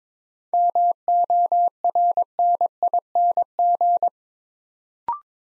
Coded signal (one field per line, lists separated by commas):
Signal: Morse code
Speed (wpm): 22 wpm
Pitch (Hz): 700 Hz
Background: none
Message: MORNING